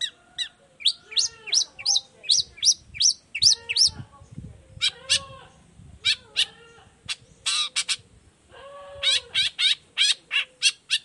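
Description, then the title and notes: Long-tailed shrike song of repeated sharp, downslurred chirps in quick series, broken by harsh raspy bursts and brief pauses, with faint low thumps underneath. Singing actively in the morning with varied 'toet toet' notes; recording used as a lure so other shrikes of any kind reply quickly and open their beaks. "Cendet Gacor Dor Di Kala Pagi Toet Toet Variasi Suara. Cendet Gacor Efektif Pancingan Buat Cendet Jenis Apapun Agar Cepat Nyaut Buka Paruh. Burung cendet"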